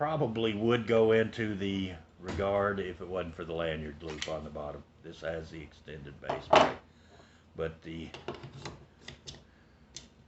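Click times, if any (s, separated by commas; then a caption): none. Someone talks while trying to insert a Taurus pistol magazine with an extended base into the magazine well of a Girsan Regard pistol. Several light ticks are heard from about 8.7 to 10.0 seconds. The magazine has not latched or clicked into place, because its notches are in different positions.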